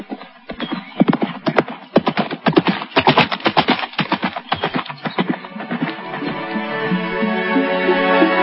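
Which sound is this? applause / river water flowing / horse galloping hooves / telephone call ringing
horse galloping hooves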